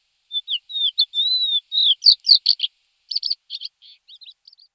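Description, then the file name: Thekla's lark: clear drawn-out whistles leading into a burst of buzzy chirps, then quieter fading notes at the end. "Chocholous vavrinovy Galerida theklae"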